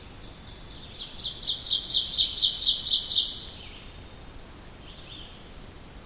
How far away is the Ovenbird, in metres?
about 10 m